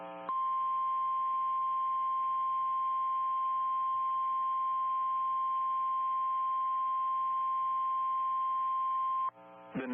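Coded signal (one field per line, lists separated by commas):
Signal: Emergency Alert System (SAME) tones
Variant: 1050 Hz attention tone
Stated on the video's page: Derecho alerts received on NOAA Weather Radio.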